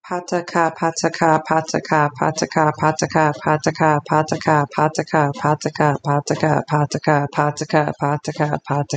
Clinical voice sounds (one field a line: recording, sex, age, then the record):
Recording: repeated syllables /pa ta ka/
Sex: female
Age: 30 to 39 years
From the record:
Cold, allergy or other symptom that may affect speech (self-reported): no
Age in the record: 31 years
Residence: Iowa, United States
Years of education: 13